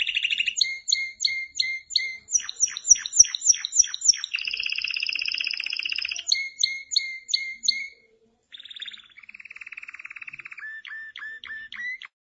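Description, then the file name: Canary singing fast repeated chirps and a long rolling trill, broken by a short pause, then a buzzy trill and a few sharp closing notes. "Canary Voice"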